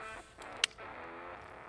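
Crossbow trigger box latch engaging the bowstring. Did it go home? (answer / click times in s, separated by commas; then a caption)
yes / 0.6 s. A TenPoint TX 440 crossbow is cocked with its crank handle until the trigger box reaches the back of the barrel. Its latch engages the bowstring with a sharp click at 0.6 s, heard over a steady whirring, ratcheting background. The latch lever goes down and kicks back up, and the string is latched.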